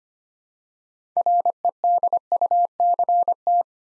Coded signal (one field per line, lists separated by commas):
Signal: Morse code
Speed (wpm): 25 wpm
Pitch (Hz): 700 Hz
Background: none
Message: REDUCT